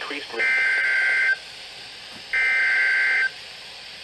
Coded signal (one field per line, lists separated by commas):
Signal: Emergency Alert System (SAME) tones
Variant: header bursts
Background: speech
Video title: MIDWEEK FLOODING AND STORMS... EAS Alerts from 5/18/20 - 5/21/20 (EAS #4,202 - 4,253)